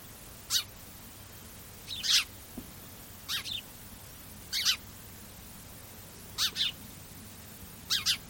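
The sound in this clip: Bird calls, short sharp high chirps sweeping downward, given singly or in quick pairs every second or two over a quiet hiss.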